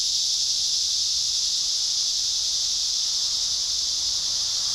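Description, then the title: Cicadas keeping up a dense, even, high-pitched buzzing hiss without pause from start to finish. At Trinity. "neoscenes: cicadas at Trinity"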